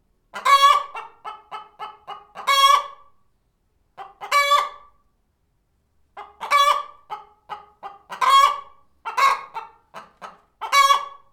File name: Clucking Chicken